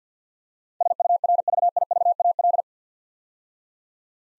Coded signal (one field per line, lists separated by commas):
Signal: Morse code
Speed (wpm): 52 wpm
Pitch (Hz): 700 Hz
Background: none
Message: SURVIVAL